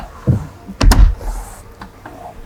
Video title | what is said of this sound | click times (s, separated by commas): Toyota Tundra Anytime Backup & New Front Facing Camera Kit Installation | hear that snap into place | 0.8 s